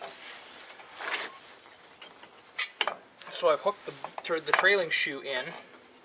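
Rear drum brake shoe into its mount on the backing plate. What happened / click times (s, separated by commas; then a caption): Metal brake part handled, not yet locked into place / none. On a 2009 GMC Sierra, the trailing rear drum brake shoe, a metal part, is hooked into its mount on the backing plate while someone talks, with brief metallic clinks and handling noises around 1.0 s and 2.8 to 3.2 s. The shoe has not yet been pulled at the bottom to lock into place, so nothing has seated yet.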